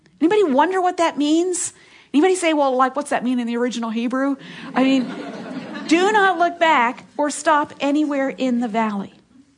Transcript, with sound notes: Anybody wonder what that means? Anybody say, “Well, like, what does that mean in the original Hebrew?” (laughter) “Do not look back or stop anywhere in the valley.